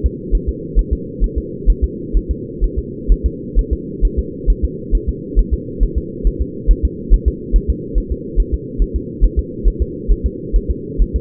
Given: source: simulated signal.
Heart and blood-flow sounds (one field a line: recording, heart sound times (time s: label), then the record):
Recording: fetal heart sounds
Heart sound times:
0.06 s: S2
0.35 s: S1
0.49 s: S2
0.79 s: S1
0.93 s: S2
1.24 s: S1
1.38 s: S2
1.70 s: S1
1.84 s: S2
2.17 s: S1
2.31 s: S2
2.64 s: S1
2.78 s: S2
3.12 s: S1
3.26 s: S2
3.59 s: S1
3.73 s: S2
4.05 s: S1
4.19 s: S2
4.50 s: S1
4.65 s: S2
4.95 s: S1
5.09 s: S2
5.39 s: S1
5.54 s: S2
5.83 s: S1
5.98 s: S2
6.27 s: S1
6.42 s: S2
6.71 s: S1
6.85 s: S2
7.14 s: S1
7.28 s: S2
7.56 s: S1
7.70 s: S2
7.98 s: S1
8.12 s: S2
8.40 s: S1
8.54 s: S2
8.82 s: S1
8.96 s: S2
9.25 s: S1
9.39 s: S2
9.68 s: S1
9.82 s: S2
10.12 s: S1
10.26 s: S2
10.56 s: S1
10.71 s: S2
11.02 s: S1
11.16 s: S2
From the record:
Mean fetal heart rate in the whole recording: 135 bpm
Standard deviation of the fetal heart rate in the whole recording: 3 bpm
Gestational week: 36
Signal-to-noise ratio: -4.1 dB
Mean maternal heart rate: no maternal heart sound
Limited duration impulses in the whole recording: absent